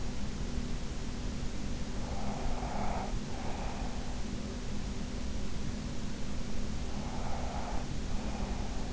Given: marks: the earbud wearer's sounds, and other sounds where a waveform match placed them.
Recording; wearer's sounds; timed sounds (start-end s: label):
sounds in sleep by an in-ear microphone; breath
1.90-4.02 s: breath
6.76-8.93 s: breath